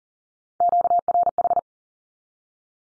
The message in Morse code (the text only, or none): QRH